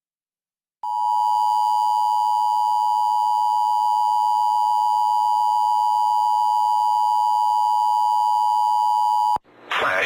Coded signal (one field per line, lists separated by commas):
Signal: Emergency Alert System (SAME) tones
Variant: 853 and 960 Hz attention tone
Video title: EAS- Mid September KOGO-AM FFW from the usual weather patterns (9/18/25)